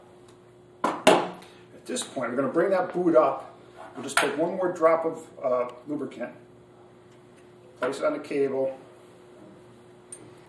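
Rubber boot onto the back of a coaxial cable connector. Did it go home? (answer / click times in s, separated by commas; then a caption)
yes / 10.1 s. While someone talks, a drop of lubricant goes on a coaxial cable in a jumper assembly using WSB-600, and a rubber weather-seal boot is slid up the cable. A couple of sharp knocks come near the start. The boot snaps onto the back of the crimped connector and seats with a small click at 10.1 s.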